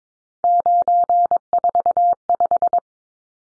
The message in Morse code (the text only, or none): 945